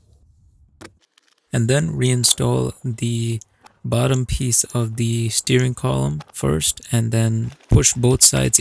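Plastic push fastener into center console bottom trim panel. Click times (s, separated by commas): 0.8 s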